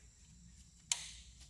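An electrical connector is pushed onto the throttle body of a Toyota Matrix during reassembly after cleaning. A single sharp click sounds at 0.9 s against a quiet low hum, followed by a short fading ring. The connector is confirmed seated.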